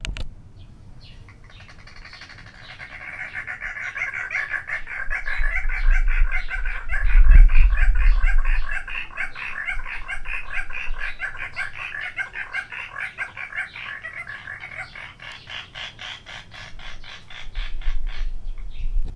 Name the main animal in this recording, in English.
Red-faced Barbet